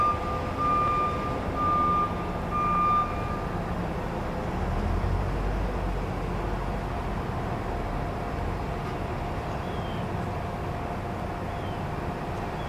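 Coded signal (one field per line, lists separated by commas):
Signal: alarm pattern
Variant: truck reversing alarm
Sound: evenly spaced half-second high beeps over a rumbling engine, then a faint steady tone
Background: diesel engine rumble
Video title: Reverse Truck Beeping Ambience Sound Effect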